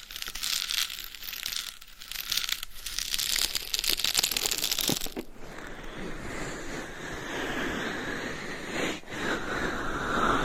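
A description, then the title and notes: Scratching and tapping sounds fill the first five seconds, busy and crackly with bright, dense detail and quick irregular taps. Then the texture shifts to a smoother, steady rubbing hiss, like brushing or massage strokes, with a brief dip near nine seconds. ASMR for ADHD Changing Triggers Every 5 Seconds Scratching , Tapping , Massage & More No Talking.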